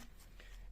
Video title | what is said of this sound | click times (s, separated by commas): Сломался замок PORSCHE & BENTLEY & VOLKSWAGEN & SEAT & SKODA | a je to tu, zapadne na miesto, kým | 0.4 s